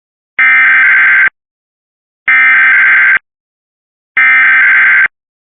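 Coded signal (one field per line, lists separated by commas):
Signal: Emergency Alert System (SAME) tones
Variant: header bursts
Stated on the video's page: Required Weekly Test carried on a Cox cable system.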